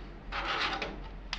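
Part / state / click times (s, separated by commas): hot-swap drive tray into rackmount chassis drive bay / not seated / none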